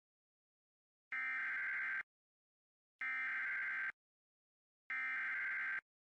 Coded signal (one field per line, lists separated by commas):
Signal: Emergency Alert System (SAME) tones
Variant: header bursts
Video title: (EAS #2,373 - #2,386) OMAHA TROLLING AGAIN - EAS Alerts from 6/25/25 - 6/26/25